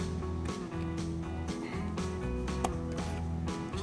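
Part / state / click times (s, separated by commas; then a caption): PCV hose quick connector onto engine/intake port / seated / 2.6 s. Over background music, the plastic quick-connect fitting of a PCV hose is pushed back onto its port during an Injen Evolution Roto-Molded Cold Air Intake install on a Jeep JL Wrangler/Gladiator. A sharp click at 2.7 s marks the connector seating home, with its green locking section popping up.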